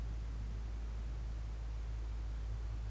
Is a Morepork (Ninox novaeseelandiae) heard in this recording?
no